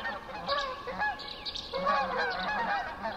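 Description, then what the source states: Canada goose: canada geese honking, overlapping nasal honks from several birds in a steady chorus, with a few faint higher chirps behind. Recorded 19 May 2007 at 04:55.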